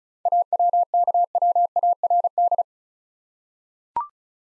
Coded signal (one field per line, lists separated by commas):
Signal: Morse code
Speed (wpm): 36 wpm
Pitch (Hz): 700 Hz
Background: none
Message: AWKWARD